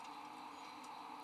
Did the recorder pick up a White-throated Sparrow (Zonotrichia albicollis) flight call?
no